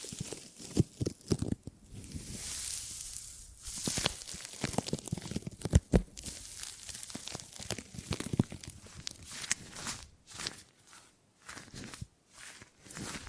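Gripping and grabbing sounds: a dense run of short rustling, crunching handling noises, like hands clutching and squeezing material. Sharp clicks and thumps land irregularly throughout, loudest near two and six seconds, with brief quiet gaps after ten seconds.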